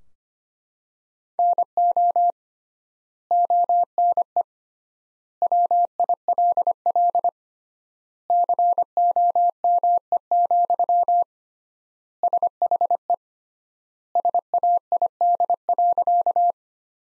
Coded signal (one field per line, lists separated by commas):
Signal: Morse code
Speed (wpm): 25 wpm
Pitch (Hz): 700 Hz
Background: none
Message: NO ONE WILL COME, SHE SAID.